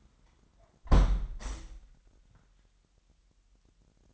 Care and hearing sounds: daily activity, microphone in the room; close window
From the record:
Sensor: 3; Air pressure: 998.1 hPa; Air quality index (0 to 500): 152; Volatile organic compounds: 5 ppm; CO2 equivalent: 1824 ppm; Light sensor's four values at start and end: 12/37/15/13 and 13/37/15/13

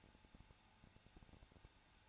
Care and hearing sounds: daily activity, microphone in the room; no activity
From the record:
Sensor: 2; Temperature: 21.0 degrees Celsius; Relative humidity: 34.2%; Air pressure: 994.3 hPa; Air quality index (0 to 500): 172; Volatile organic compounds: 3 ppm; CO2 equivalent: 1334 ppm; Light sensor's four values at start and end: 2/3/2/2 and 2/3/2/2

